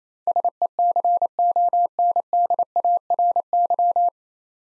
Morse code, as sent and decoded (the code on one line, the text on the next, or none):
... . -.-. --- -. -.. .- .-. -.--
SECONDARY